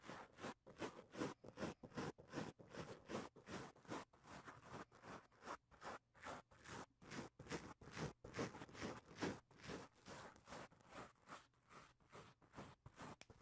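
Mic touching, heard as a rapid run of rough rubbing and scraping strokes, each a short burst that fills the range from low to bright. The strokes come almost continuously at a quick, uneven pace for the whole length, with brief gaps between them.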